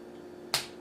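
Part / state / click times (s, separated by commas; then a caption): plastic cannon accessory onto action figure arm / seated / 0.5 s. A plastic fusion cannon accessory is pushed onto an action figure's arm and snaps on securely, giving one short, sharp click at 0.5 seconds over a faint steady hum. The cannon is seated; it stays loose only when it isn't pushed until it snaps.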